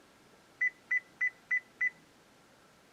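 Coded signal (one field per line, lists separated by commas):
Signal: none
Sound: truck's reset confirmation beeps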